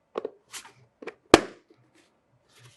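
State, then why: Seated. A plastic part of a Bunkerkings CTRL paintball loader, with both sides lined up in their grooves on the loader body, is pushed down after a few light handling knocks near 0.2 s and 0.3 s. It snaps home with one loud, sharp click at 1.3 s, leaving both sides seated in their grooves.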